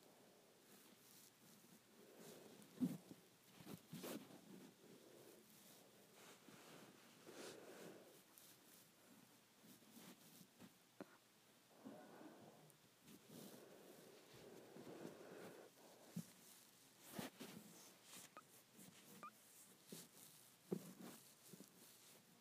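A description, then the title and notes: Hair play: soft rustling and brushing through hair, coming in irregular swishes and scratches that rise and fall over the 22 seconds. Sharper crackly strokes stand out near 3, 17 and 21 seconds, with a faint hiss between them. ASMR Hair Play.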